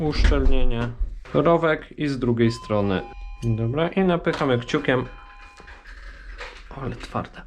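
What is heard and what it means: A rubber seal is pressed with the thumb into its groove in the oil chamber cap of a FOX RP2/RP23 bicycle rear shock while someone talks throughout. Nothing has seated or clicked yet; the clip ends just before the seal snaps home.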